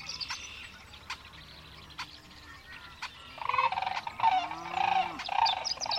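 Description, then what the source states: Sandhill Crane: quiet start with sharp songbird chips, then Sandhill Cranes break in with loud rolling rattles from the midpoint on. Dawn chorus, Sierra Valley Marsh near Portola, California, June 24, 2023, 5:33am; AT-4022 omni condensers on Jecklin disk binaural baffle; Nature Sound Society workshop.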